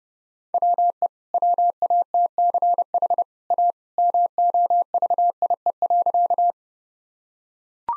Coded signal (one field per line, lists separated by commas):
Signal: Morse code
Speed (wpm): 30 wpm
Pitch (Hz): 700 Hz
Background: none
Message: WE WATCH A MOVIE.